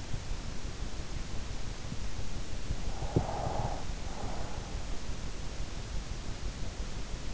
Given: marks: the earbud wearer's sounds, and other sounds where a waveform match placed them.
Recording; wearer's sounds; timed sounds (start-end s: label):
sounds in sleep by an in-ear microphone; breath
2.38-5.29 s: breath